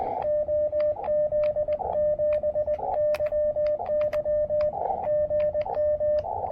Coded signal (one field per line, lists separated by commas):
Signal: Morse code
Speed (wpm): 20 wpm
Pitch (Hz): 600 Hz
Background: radio noise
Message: OZ7YY GM